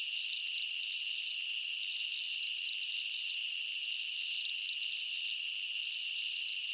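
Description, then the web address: Insects keep up a bright, continuous chirping drone, high and unwavering, with faint beating pulses and no other noticeable sounds. Night-time jungle ambience of chirping insects and bugs. "Blastwave INSECTS Amb Night Jungle BU. ambience insects chirps night jungle bugs"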